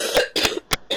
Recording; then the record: coughing mixed with background sound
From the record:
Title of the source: 55 gaggy wet cough